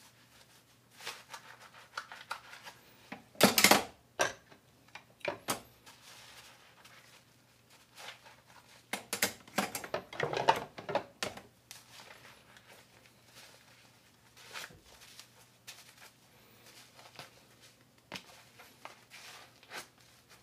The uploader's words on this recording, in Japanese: 環境音 かつおのたたきらーめん。醤油ベースで焼豚のかわりに鰹のたたきをいれてみました。